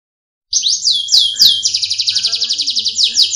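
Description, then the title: Oriental magpie-robin singing: a few sharp descending chirps, then a fast even rattle of high buzzy notes, then more downslurred chirps. "Kicau Kacer"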